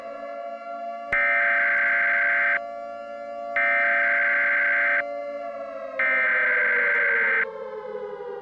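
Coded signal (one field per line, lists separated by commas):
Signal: Emergency Alert System (SAME) tones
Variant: header bursts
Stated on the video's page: Fictional EAS end-of-the-world scenario, not a real alert.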